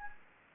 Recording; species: mosquito wingbeat signal from an infrared sensor; Anopheles gambiae